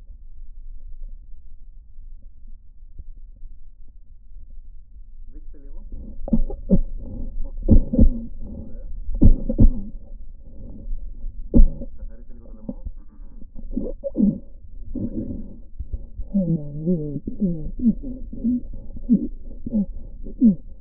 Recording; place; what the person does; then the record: lung sounds by stethoscope; left posterior apical chest; quiet breathing, then cough and speech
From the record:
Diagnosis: interstitial lung disease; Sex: male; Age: 82 years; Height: 158 cm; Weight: 49 kg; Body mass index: 19.6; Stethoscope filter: diaphragm mode